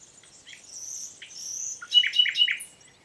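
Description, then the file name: Common nightingale giving a short phrase of high thin notes followed by three quick, loud, slurred whistles. "Luscinia megarhynchos"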